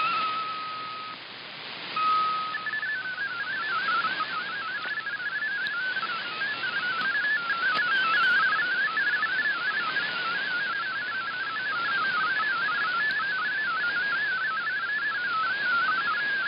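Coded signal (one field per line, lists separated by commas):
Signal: multi-tone FSK (Olivia or MFSK type)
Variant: MFSK32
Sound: a steady tone, then a rapid burbling melody of single tones hopping up and down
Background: radio static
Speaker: a few minutes i received the entire quasar article with no errors this was kind of surprising to me because the signal was fading in and out throughout the transmission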